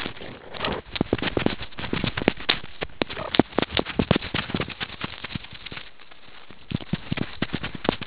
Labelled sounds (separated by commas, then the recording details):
meerkat close call
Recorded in the Kuruman River Reserve, South Africa
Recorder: an audio tag on a meerkat's collar